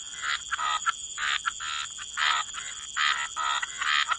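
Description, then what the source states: Frogs giving repeated bursts of raspy pulsed croaks, alternating with short pauses, along with a steady high whine. Frog chorus.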